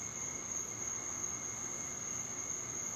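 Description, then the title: Cricket trilling steadily, a thin high whine that never breaks or shifts pitch, backed by a faint lower tone and low rumble. "Cricket Therapy"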